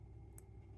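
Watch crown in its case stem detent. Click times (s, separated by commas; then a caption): 0.4 s. A screw-down wristwatch crown, already unscrewed, is pulled out along its stem detent in the watch case. A single sharp pop sounds at 0.4 s over a low steady hum. The crown is released into the time-setting position.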